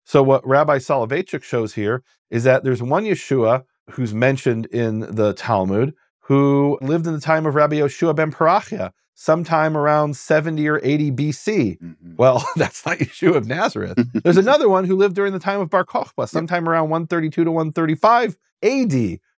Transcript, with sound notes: So what Rabbi Soloveitchik shows here is that there’s one Yeshua who’s mentioned in the Talmud, who lived in the time of Rabbi Yeshua ben Perachia, sometime around 70 or 80 BC. Well, [laughing] that’s not Yeshua of Nazareth. There’s another one who lived during the time of Bar Kochba, sometime around 132 to 135 AD.